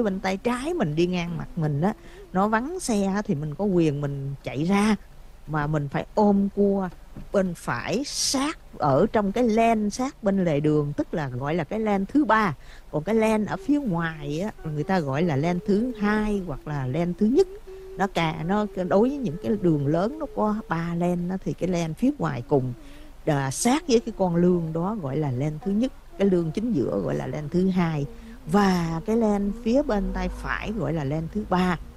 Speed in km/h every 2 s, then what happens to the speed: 0, 0, 0, 0, 0, 0, 0, 0, 0, 0, 0, 0, 0, 0, 3, 11.
0-27 standing. 27-32 pulls away to 11.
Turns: none.